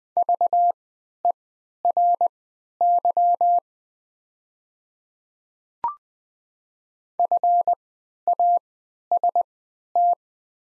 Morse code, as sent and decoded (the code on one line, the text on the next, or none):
...- . .-. -.-- / ..-. .- ... -
VERY FAST